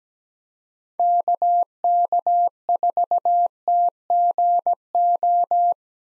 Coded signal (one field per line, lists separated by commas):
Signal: Morse code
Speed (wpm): 17 wpm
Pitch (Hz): 700 Hz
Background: none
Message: KK4TGO